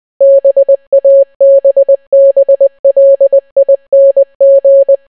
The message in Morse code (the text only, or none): BABBLING